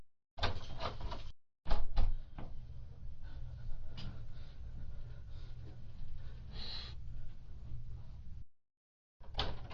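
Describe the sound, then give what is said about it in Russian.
The wrong key jiggles and scrapes in a door lock, with scattered metallic clicks and rattles over several seconds, broken by two short silences. No one speaks. “Я взял не тот ключ.”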